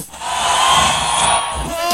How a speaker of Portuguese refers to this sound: A torcida do Paysandu vai fazer barulho aí. Eu tô achando que a torcida do Paysandu tá muito fraca, hein? Eu quero ouvir mais aqui, é diaba. A torcida do Paysandu dá um grito!